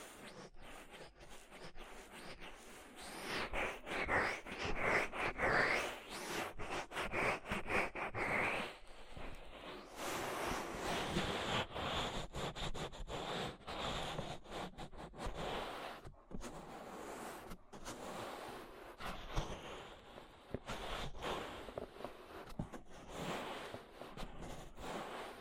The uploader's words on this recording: ASMR Deep Ear Treatment for Sleep (No Talking).